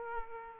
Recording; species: mosquito wingbeat signal from an infrared sensor; Aedes aegypti